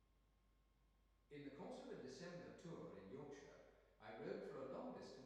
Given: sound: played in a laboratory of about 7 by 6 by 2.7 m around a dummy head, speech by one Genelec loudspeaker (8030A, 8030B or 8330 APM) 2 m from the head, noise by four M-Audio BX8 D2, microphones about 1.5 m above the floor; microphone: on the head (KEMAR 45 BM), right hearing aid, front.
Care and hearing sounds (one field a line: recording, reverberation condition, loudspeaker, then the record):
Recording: male speech in English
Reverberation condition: high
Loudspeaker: 150 degrees to the left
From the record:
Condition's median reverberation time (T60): about 1300 ms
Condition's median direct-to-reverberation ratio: about -4.0 dB